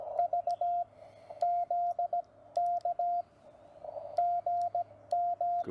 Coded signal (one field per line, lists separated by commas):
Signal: Morse code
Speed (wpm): 17 wpm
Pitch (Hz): 700 Hz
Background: radio noise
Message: V ZK GM